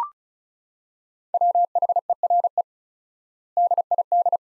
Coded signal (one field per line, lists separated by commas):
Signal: Morse code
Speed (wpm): 36 wpm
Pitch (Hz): 700 Hz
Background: none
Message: WHERE DID